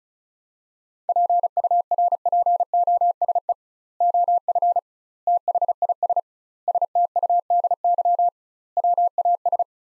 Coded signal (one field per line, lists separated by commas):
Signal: Morse code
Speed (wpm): 36 wpm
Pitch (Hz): 700 Hz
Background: none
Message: PURPOSE OF THIS STUDY WAS